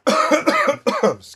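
A rapid run of about four harsh, voiced coughs in under a second and a half from an adult man, each with a strong throaty tone and no pause for breath between them. It is a repetitive dry cough at the tail end of the allergy season, linked to pollen.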